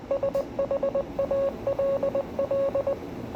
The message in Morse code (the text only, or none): SHALL